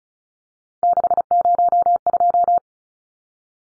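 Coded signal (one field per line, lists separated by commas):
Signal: Morse code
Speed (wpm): 34 wpm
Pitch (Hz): 700 Hz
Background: none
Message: 602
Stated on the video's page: Head-copy drill of three-digit numbers at 35 wpm, each number sent, spoken, then sent again.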